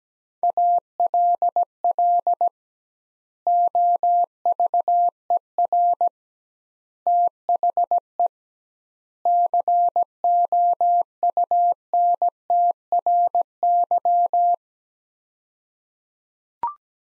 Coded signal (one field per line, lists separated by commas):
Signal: Morse code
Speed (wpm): 17 wpm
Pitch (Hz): 700 Hz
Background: none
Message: ALL OVER THE COUNTRY